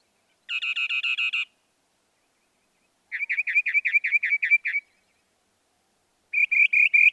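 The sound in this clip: Northern mockingbird song: a buzzy run of repeated notes, a pause, then a longer series of slurred repeated notes, and another phrase begins.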